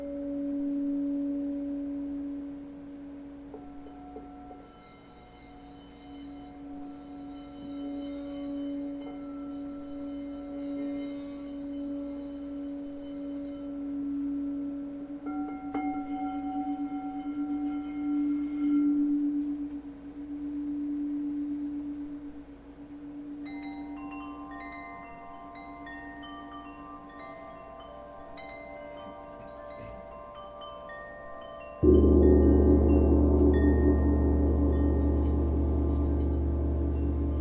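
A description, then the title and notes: Crystal bowls ring in a live concert, one low tone holding steadily for most of the half minute while higher bell-like notes shimmer and swell above it. Around thirty-two seconds a much louder, deeper bowl is struck, flooding the sound with a rich, sustained roar. LIVE CRYSTAL BOWL CONCERT. Full set single track recorded live at one of my crystal singing bowl concerts.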